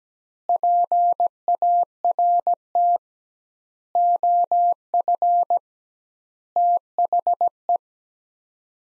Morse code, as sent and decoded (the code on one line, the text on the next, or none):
.--. .- .-. - / --- ..-. / - .... .
PART OF THE